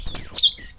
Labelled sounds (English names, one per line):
Stitchbird song